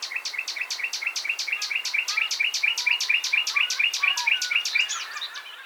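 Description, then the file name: Common nightingale singing a rapid, steady run of repeated sharp notes, with faint softer warbles underneath. "Luscinia megarhynchos"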